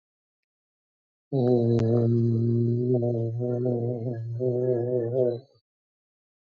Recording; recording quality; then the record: sustained vowel as in boot; excellent, no background noise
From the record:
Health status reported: recovered from COVID-19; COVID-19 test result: negative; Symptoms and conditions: cough, cold, fever, diabetes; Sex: male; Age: 72 years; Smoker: not ticked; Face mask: not worn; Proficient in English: yes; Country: India